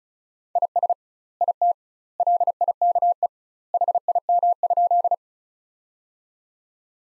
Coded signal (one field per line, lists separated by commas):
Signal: Morse code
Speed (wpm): 35 wpm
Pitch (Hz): 700 Hz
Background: none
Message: IS IT LIKE HIM?